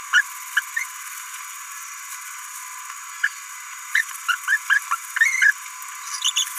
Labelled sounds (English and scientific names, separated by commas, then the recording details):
Green-rumped Parrotlet (Forpus passerinus) babbling
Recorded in a nest box in Venezuela
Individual 18B17A3